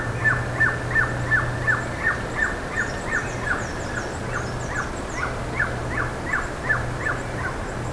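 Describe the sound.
Bird calls: rapid, regular downslurred chips, almost three a second, continuing throughout, with soft high twittering above and a low background hum.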